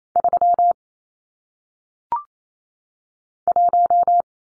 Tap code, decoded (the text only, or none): none